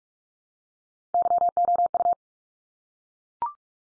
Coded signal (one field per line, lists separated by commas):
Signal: Morse code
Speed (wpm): 44 wpm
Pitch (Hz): 700 Hz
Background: none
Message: YOU